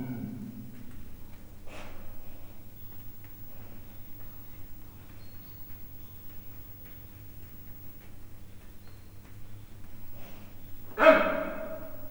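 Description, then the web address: Leopard making breathy snorting sounds: a soft puff early on and a sharp, harsh burst near the end, with quiet low hum between. Captive male and female leopards in a zoo, Miskolc, 2009; soft growling and short barking yaps. "miskolcizoo 2009 standardt leopard"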